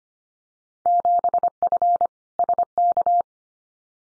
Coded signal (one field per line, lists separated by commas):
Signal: Morse code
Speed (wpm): 25 wpm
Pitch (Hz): 700 Hz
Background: none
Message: 7F SK